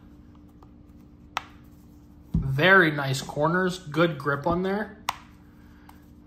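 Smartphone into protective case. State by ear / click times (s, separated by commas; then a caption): seated / 5.1 s. A space black iPhone 14 Pro Max is pressed into a Caudabe Sheath protective case. A sharp transient sounds at 1.4 s, someone talks, and the edge of the case snaps over the phone with a crisp click at 5.1 s. The phone is seated in the case.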